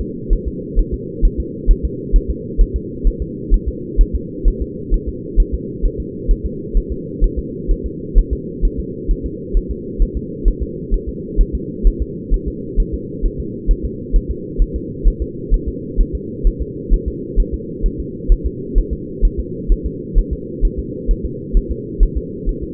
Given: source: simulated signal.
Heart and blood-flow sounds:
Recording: fetal heart sounds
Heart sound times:
0.01 s: S2
0.33 s: S1
0.48 s: S2
0.79 s: S1
0.94 s: S2
1.25 s: S1
1.40 s: S2
1.71 s: S1
1.85 s: S2
2.16 s: S1
2.30 s: S2
2.61 s: S1
2.76 s: S2
3.07 s: S1
3.22 s: S2
3.54 s: S1
3.69 s: S2
4.01 s: S1
4.15 s: S2
4.48 s: S1
4.62 s: S2
4.94 s: S1
5.09 s: S2
5.40 s: S1
5.54 s: S2
5.85 s: S1
6.00 s: S2
6.31 s: S1
6.46 s: S2
6.77 s: S1
6.92 s: S2
7.24 s: S1
7.39 s: S2
7.71 s: S1
7.86 s: S2
8.18 s: S1
8.33 s: S2
8.65 s: S1
8.80 s: S2
9.11 s: S1
9.26 s: S2
9.57 s: S1
9.71 s: S2
10.02 s: S1
10.17 s: S2
10.48 s: S1
10.63 s: S2
10.94 s: S1
11.09 s: S2
11.41 s: S1
11.55 s: S2
11.87 s: S1
12.02 s: S2
12.34 s: S1
12.48 s: S2
12.80 s: S1
12.94 s: S2
13.26 s: S1
13.40 s: S2
13.71 s: S1
13.85 s: S2
14.16 s: S1
14.31 s: S2
14.62 s: S1
14.76 s: S2
15.08 s: S1
15.22 s: S2
15.54 s: S1
15.68 s: S2
16.01 s: S1
16.15 s: S2
16.47 s: S1
16.62 s: S2
16.94 s: S1
17.08 s: S2
17.40 s: S1
17.54 s: S2
17.86 s: S1
18.00 s: S2
18.32 s: S1
18.46 s: S2
18.78 s: S1
18.93 s: S2
19.25 s: S1
19.40 s: S2
19.72 s: S1
19.86 s: S2
20.19 s: S1
20.33 s: S2
20.65 s: S1
20.79 s: S2
21.11 s: S1
21.26 s: S2
21.57 s: S1
21.72 s: S2
22.03 s: S1
22.18 s: S2
22.49 s: S1
22.64 s: S2
From the record:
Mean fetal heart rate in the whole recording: 130 bpm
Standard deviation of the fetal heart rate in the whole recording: 2 bpm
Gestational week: 38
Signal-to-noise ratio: -4.1 dB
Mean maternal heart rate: no maternal heart sound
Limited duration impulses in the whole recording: absent

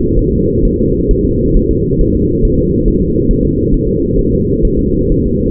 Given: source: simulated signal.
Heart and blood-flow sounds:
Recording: fetal heart sounds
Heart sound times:
0.19 s: S1
0.33 s: S2
0.65 s: S1
0.79 s: S2
1.11 s: S1
1.25 s: S2
1.57 s: S1
1.71 s: S2
2.01 s: S1
2.15 s: S2
2.45 s: S1
2.59 s: S2
2.88 s: S1
3.02 s: S2
3.31 s: S1
3.45 s: S2
3.74 s: S1
3.88 s: S2
4.19 s: S1
4.33 s: S2
4.65 s: S1
4.79 s: S2
5.12 s: S1
5.26 s: S2
From the record:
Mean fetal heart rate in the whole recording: 130 bpm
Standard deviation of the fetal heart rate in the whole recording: 4 bpm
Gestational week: 38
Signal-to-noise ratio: -14.7 dB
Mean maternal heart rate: 72 bpm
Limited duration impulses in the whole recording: present

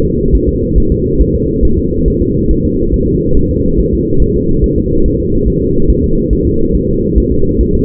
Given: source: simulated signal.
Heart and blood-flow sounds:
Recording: fetal heart sounds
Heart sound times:
0.05 s: S2
0.35 s: S1
0.48 s: S2
0.78 s: S1
0.92 s: S2
1.21 s: S1
1.35 s: S2
1.65 s: S1
1.79 s: S2
2.08 s: S1
2.22 s: S2
2.51 s: S1
2.65 s: S2
2.94 s: S1
3.08 s: S2
3.37 s: S1
3.51 s: S2
3.79 s: S1
3.93 s: S2
4.22 s: S1
4.36 s: S2
4.64 s: S1
4.78 s: S2
5.06 s: S1
5.20 s: S2
5.48 s: S1
5.62 s: S2
5.90 s: S1
6.04 s: S2
6.33 s: S1
6.47 s: S2
6.75 s: S1
6.89 s: S2
7.18 s: S1
7.32 s: S2
7.61 s: S1
7.75 s: S2
From the record:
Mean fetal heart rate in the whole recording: 140 bpm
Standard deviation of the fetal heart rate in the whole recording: 2 bpm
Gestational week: 34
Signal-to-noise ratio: -16.4 dB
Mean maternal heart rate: 72 bpm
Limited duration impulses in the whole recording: present

